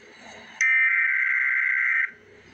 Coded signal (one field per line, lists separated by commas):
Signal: Emergency Alert System (SAME) tones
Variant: header bursts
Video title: Emergency Alert System - Winter Weather Advisory - Feb 14, 2025 at 1:46 PM EST